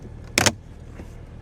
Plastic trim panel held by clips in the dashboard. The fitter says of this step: kind of gentle. You should hear it pop.